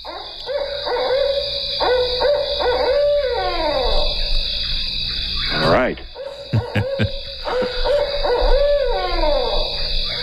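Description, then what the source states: Barred Owl hooting: a rhythmic run of deep hoots ending in a drawn-out, descending slurred note, given twice, over a steady high-pitched hum. Classic call likened to "who cooks for you"; this bird seemed to say "who cooks for you all" and was thought to come from the south.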